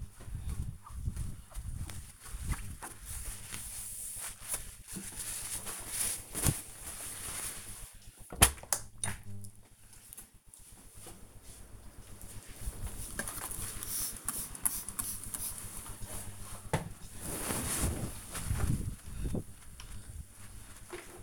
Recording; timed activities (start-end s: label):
household activities, microphone on the right wrist
0.00-21.23 s: window cleaning